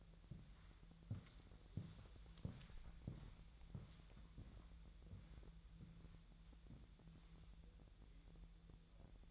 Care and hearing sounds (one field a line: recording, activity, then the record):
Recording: daily activity, microphone in the room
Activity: walk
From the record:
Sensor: 3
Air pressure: 1001.9 hPa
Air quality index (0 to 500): 244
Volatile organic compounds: 117 ppm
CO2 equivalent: 3856 ppm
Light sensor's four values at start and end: 9/21/9/9 and 9/22/9/9